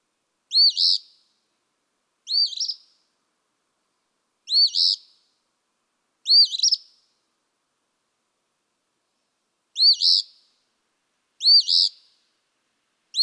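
Eastern phoebe giving seven burry, two-note fee-bee songs at irregular intervals, the last cut short, with no other sounds.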